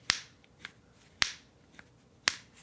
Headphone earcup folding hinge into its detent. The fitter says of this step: all right and then they kind of snap into place there you can hear that mechanism just bring the mic a bit closer and see if you can hear that mechanism